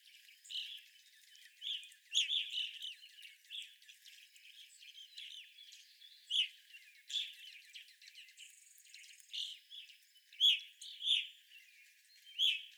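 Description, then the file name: Evening grosbeak chirps scattered throughout, some louder near the end. Recorded 25 April 2021; several evening grosbeaks. "2021-04-25 Evening Grosbeaks"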